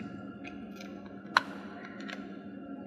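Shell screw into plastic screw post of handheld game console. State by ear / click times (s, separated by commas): seated / 1.4 s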